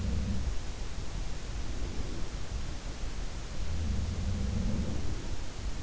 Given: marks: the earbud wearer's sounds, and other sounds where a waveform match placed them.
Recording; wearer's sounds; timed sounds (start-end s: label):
sounds in sleep by an in-ear microphone; breath
0.00-0.65 s: sound from someone else or the room
1.35-2.58 s: breath
3.61-5.39 s: sound from someone else or the room
4.43-5.39 s: breath